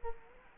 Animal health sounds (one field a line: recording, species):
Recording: mosquito wingbeat signal from an infrared sensor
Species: Culex quinquefasciatus